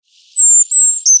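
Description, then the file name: Eurasian blue tit calling: a thin, very high drawn-out whistle that slides slightly down, followed by short lower notes, all clear against a quiet background. Nominate subspecies Cyanistes caeruleus caeruleus. "Mėlynoji zylė - Eurasian Blue Tit - Cyanistes caeruleus caeruleus"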